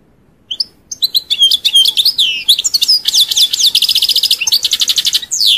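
European goldfinch song, a continuous rapid stream of liquid twitters, trills and buzzy notes running for about five seconds after a short quiet start.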